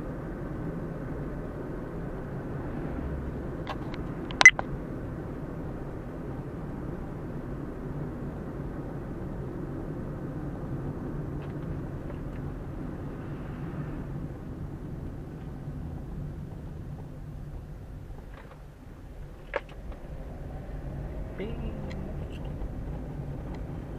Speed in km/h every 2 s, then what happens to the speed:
46, 45, 43, 42, 40, 37, 31, 25, 16, 9, 16, 23.
0-17 slows to 9. 19-24 speeds up to 23.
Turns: none.